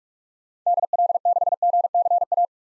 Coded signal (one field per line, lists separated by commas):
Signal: Morse code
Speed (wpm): 46 wpm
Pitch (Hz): 700 Hz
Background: none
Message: DL6GCA